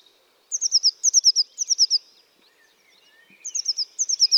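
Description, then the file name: Eurasian blue tit uttering rapid high, sibilant descending notes in groups of four, three groups, a short pause, then two more groups. "Cyanistes caeruleus"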